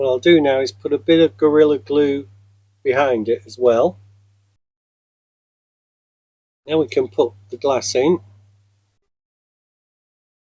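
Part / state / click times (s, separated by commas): plastic window glazing into diecast model car body / not seated / none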